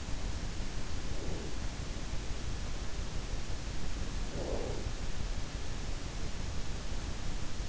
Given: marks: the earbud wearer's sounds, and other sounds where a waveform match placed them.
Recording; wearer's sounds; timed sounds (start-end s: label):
sounds in sleep by an in-ear microphone; breath
0.86-2.12 s: breath
4.01-5.20 s: breath